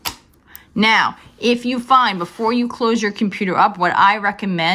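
A technician inserts a second SO-DIMM memory stick into a laptop memory slot at an angle, then presses it down so the metal side clips catch it. Sharp latch clicks sound at 0.1 s and 0.6 s as the RAM stick seats in the slot. Someone then talks.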